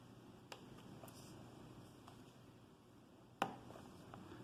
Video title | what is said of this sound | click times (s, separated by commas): Laptop screen replacement / How to replace laptop screen HP Stream 14-cb163ms | you can hear it just kind of click into place so once it's there well | 3.4 s